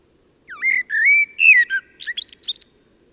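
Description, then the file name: Common blackbird song: mellow whistled notes rising and falling, then a quick burst of high, thin twittering at the end of the phrase. "Turdus merula"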